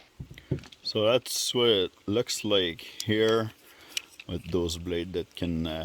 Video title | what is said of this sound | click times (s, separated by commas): Install blades on grass trimmer | and then the assembly just pops right in. | 0.4 s